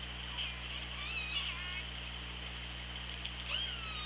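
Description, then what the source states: Killer whale calls, several rising and falling harmonic squeals with quick upsweeps, over steady low hydrophone hum and hiss. Recorded on the OrcaLab hydrophone, 24 August 2017, at 16:26.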